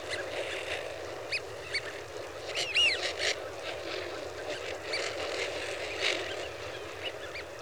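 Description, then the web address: Eurasian wigeon flock chatter with one clear whistled whee-oo in the middle and faint calls scattered around it. "BBC Sound Effects Library. Wigeon (Anas Penelope)"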